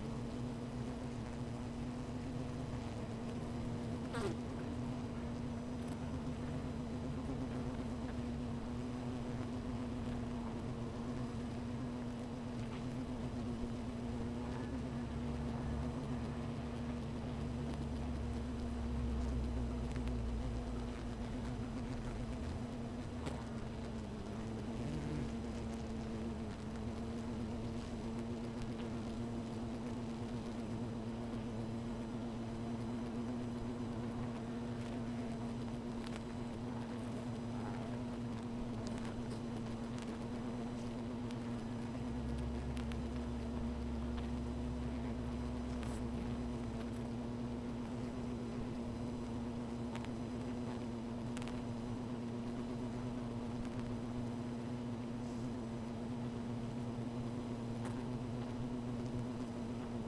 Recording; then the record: honeybee colony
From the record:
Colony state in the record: missing queen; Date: 14 July 2017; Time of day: 16:13